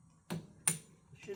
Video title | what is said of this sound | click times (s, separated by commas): Adding 3 inch rear wheel spacers to John Deere 3046R tractor 🚜 | Should be able to hear that click from over there. | 0.7 s